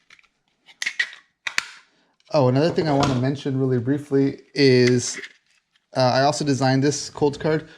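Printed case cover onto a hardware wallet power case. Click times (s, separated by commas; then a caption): 0.8 s, 1.0 s, 1.5 s, 1.6 s. A 3D-printed case cover slides over the battery housing of a Coldcard MK4 Nomad power case, a hardware wallet case, and snaps into place with sharp plastic clicks at 0.8, 1.0, 1.5 and 1.6 seconds. The cover is seated, and then someone talks.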